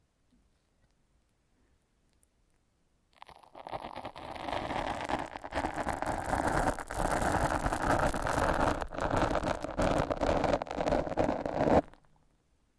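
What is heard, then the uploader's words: After three seconds of near silence, foam is rubbed in a dense, crackling, squeaky scrubbing that continues steadily until stopping abruptly near twelve seconds. ASMR Brain Melting Foam Massage for Sleep (No Talking).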